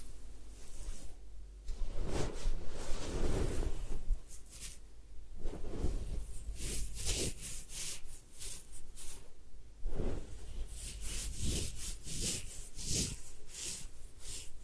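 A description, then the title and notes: Close rustling and scraping at the ear, in uneven bursts of crackly, bright scratching with short pauses between them. Softer low thumps and rubbing come in around the second to fourth seconds, and the scratching grows busier and quicker after ten seconds. Head Spa Hair Wash, Massage, Ear Cleaning.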